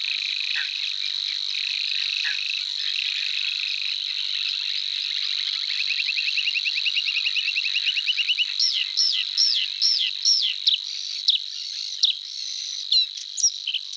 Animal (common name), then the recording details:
Bluethroat. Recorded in the wild. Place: Nagyivan / Hortobagy, HU. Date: 1988-05-20. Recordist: Schwarz, Dieter